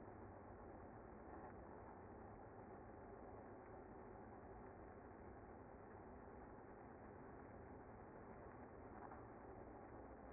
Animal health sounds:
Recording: honeybee colony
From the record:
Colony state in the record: active

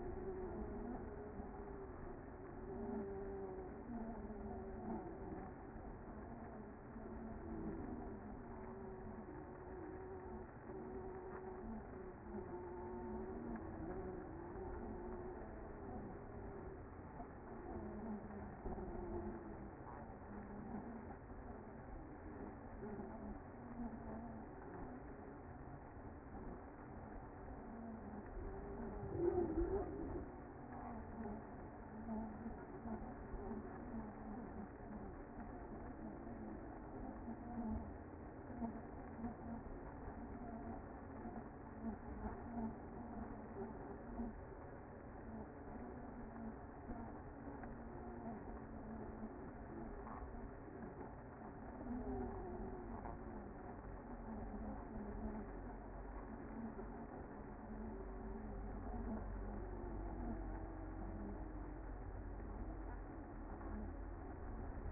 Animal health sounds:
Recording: honeybee colony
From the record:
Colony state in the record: active

